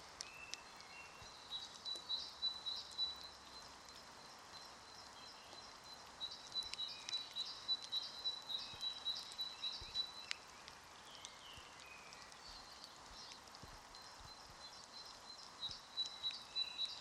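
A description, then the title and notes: A steady wash of rain hisses throughout, with high birdsong and insect-like trills sitting on top in quick, pulsing bursts, busiest between about two and ten seconds and again near the end. A thin, sustained high tone runs beneath the chirping. All 7 chakra bowls with organic rain, birds, and tropical rainforest nature sounds.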